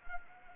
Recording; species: mosquito wingbeat signal from an infrared sensor; Anopheles arabiensis